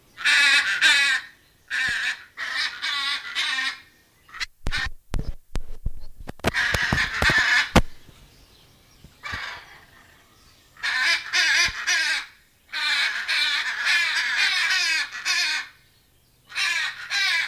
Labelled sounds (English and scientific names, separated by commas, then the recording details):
Hyacinth Macaw (Anodorhynchus hyacinthinus) call
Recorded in captivity
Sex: pair
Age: adult
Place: Tiergarten Heidelberg, Baden-Württemberg, DE
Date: 2000-09-27 17:43
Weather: bedeckt, 16 - 17°C
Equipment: Nagra SN, Kopie Uher 4000 Report Monitor
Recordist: Tembrock, Günter